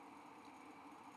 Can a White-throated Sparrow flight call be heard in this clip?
no